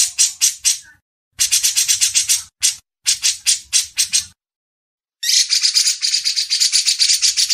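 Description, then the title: Brown-cheeked bulbul giving several clipped harsh bursts of rapid notes, ending in a longer, denser rasping chatter. Masteran training audio. "MASTERAN CUCAK JENGGOT"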